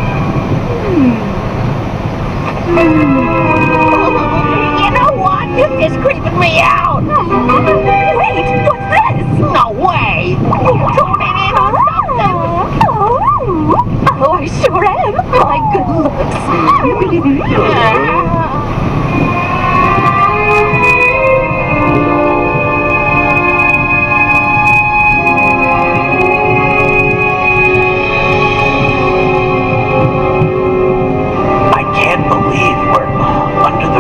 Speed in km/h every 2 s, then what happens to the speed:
111, 111, 111, 111, 111, 111, 111, 112, 112, 111, 111, 112, 112, 112, 112, 112, 112.
0-34 steady at about 111.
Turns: none.